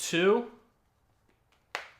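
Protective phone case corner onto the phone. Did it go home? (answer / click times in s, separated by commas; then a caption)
yes / 1.8 s. Someone talks, then the second corner of a plastic Mous Limitless 6.0 protective phone case is pressed over the frame of an iPhone 16 Pro Max. It snaps on with a sharp, loud click at 1.8 s, and the corner is seated.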